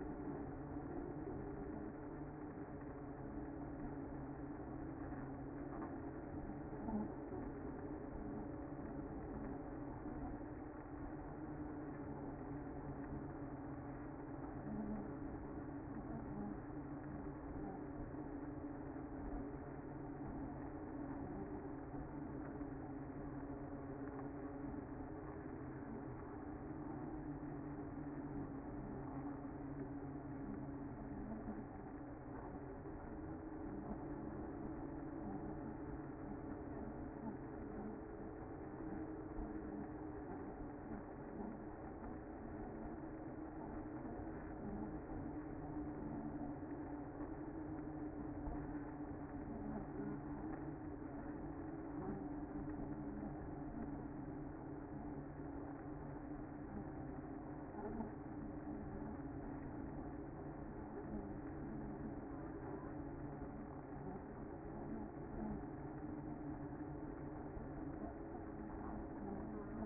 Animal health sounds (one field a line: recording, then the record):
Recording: honeybee colony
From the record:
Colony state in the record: active